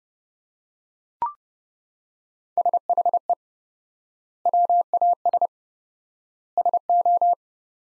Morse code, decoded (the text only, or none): SHE WAS SO